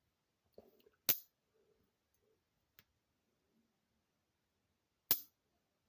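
A slip-joint congress pocket knife blade is left to move on its own, without being forced, and snaps home against the handle's backspring. After a few faint ticks, a sharp loud snap comes at 1.1 s and a soft click at 2.8 s. The final loud snap at 5.1 s is the blade seating into place.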